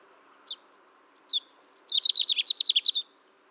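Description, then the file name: European robin song phrase: thin high whistles, some drawn out and falling, then a fast rattling series of many repeated notes; faint low hum behind. "Erithacus rubecula"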